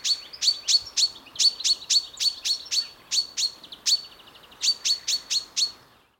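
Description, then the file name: Common chaffinch calling in a quick series of sharp, high chips, about four per second with one short break, faint hiss behind. "Fringilla coelebs"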